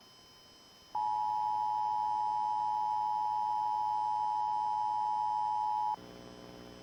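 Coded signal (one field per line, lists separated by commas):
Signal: Emergency Alert System (SAME) tones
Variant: 853 and 960 Hz attention tone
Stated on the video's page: Sunday morning EAS tests and relays.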